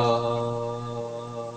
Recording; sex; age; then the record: sustained vowel /a/; male; 40 to 49 years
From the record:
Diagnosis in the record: healthy control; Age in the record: 43 years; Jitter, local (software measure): 0.26%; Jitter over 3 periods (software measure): 0.12%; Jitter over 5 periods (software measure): 0.18%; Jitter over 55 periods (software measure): 0.51%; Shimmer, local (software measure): 6.2%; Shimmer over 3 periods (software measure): 2.9%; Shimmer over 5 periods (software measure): 3.9%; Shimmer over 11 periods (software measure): 5.7%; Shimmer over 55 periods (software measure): 8.4%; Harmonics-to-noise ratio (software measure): 13.3 dB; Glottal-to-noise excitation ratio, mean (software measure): 0.86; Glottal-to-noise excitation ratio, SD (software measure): 0.034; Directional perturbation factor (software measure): 65.0%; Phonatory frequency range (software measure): 0.07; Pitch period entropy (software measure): 1.18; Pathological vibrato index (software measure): 0.24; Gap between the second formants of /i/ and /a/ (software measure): 1991 Hz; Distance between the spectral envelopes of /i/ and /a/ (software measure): 9.9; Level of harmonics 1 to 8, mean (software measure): -14.4, -18.5, -20.6, -12.1, -13.9, -28.9, -21.7, -22.8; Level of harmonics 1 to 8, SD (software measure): 4.6, 4.3, 4.8, 5.0, 8.1, 8.2, 5.9, 7.3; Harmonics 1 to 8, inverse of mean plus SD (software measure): 0.053, 0.044, 0.039, 0.059, 0.045, 0.027, 0.036, 0.033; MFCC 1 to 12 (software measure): 0.1, -2.5, -14.6, 5.4, -1.9, -2.8, 2.8, 8.3, -3.5, -6.0, -7.3, 3.3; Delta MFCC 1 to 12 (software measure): 0.002, 0.008, 0.027, -0.011, -0.033, -0.007, -0.025, 0.015, 0.050, 0.009, -0.001, -0.020